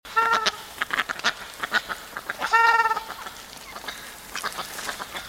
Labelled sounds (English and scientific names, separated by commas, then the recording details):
Ruddy Shelduck (Tadorna ferruginea) call
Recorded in captivity
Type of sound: call
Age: adult
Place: Tierpark Wolgast, Mecklenburg-Vorpommern, DE
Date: 1983-09-19 12:04
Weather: overcast, 16°C
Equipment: Nagra SN, Sennheiser MKH 416 T, Kopie Uher 4000 Report Monitor
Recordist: Tembrock, Günter
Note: Laute